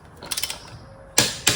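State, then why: Torque reached. A 1/2 inch drive click torque wrench set to 94 lb-ft tightens a lug nut on a 2015 Mazda CX-5 wheel in a star pattern. Quieter ratcheting ticks come first, then the wrench clicks sharply at its setting at 1.2 s, with a second loud hit at 1.5 s.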